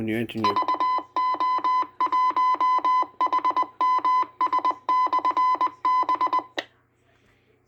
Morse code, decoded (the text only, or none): VO1HMS/B